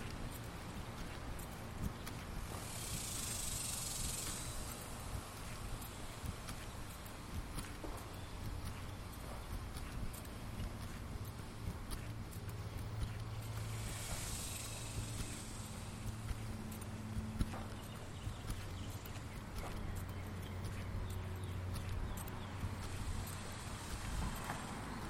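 A lunchtime walk around the neighborhood, with a steady low rumble of traffic running underneath throughout. Soft, regular clip-clop-like footsteps tap along, and bright hissing swells rise twice, around 3 seconds and again near 14 seconds, like passing cars.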